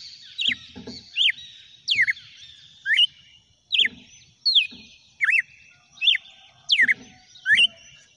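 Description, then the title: Red-cowled cardinal singing loud, looping whistled phrases, some falling and some rising, repeated many times, with soft low knocks beneath some phrases. "Galo De Campina"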